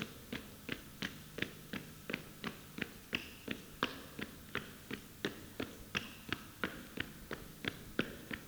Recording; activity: daily activity, guitar pickup as the sensor; run